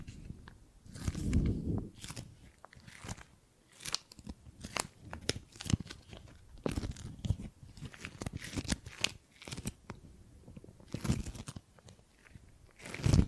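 Gripping and grabbing sounds: irregular bursts of crunching, crackling handling noise, each a dense cluster of sharp clicks with a low thump underneath. Clusters come every second or two, with brief quieter gaps between, and a strong burst at the very end.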